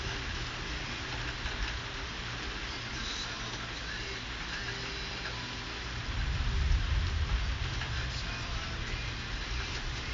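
A steady, dense wash of storm noise fills the clip, with a deep low rumble swelling from about six seconds onward, like thunder.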